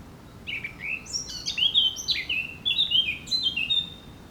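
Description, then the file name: Eurasian blackcap giving a continuous warble of clear, descending fluty notes and short chirps, lively and tumbling. "Sylvia atricapilla"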